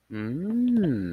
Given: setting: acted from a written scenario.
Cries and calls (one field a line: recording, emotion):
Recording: vocal sound without words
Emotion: desire